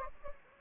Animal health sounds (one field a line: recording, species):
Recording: mosquito wingbeat signal from an infrared sensor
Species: Anopheles gambiae